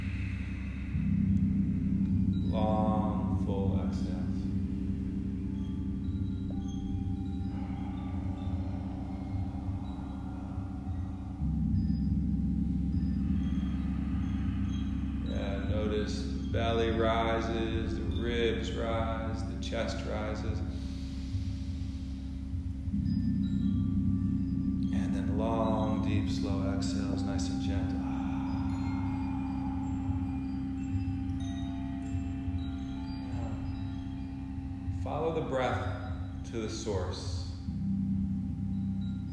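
A steady low harmonium drone sustains throughout, with bell and bowl chimes plus sung vocal phrases rising in bursts around 3, 16, 25 and 37 seconds.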